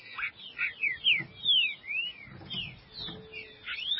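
Green-winged saltator whistling sweeping slurred notes, rising and falling, over steady low background noise.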